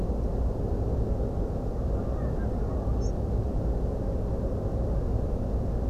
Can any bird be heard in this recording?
yes